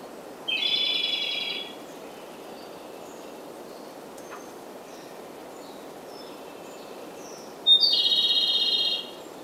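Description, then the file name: Japanese robin song: two loud high trilled phrases, each about a second long, separated by a six-second pause filled with steady hiss and faint sounds. "komadori"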